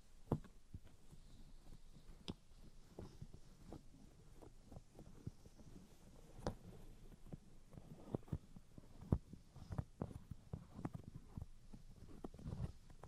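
Tapping and scratching sounds: sharp, irregular taps land every half second or so, some louder ones standing out near 2, 6.5 and 9 seconds. Between them runs a soft, low rustling of scratching and tracing, with a busier stretch of quick taps toward the end.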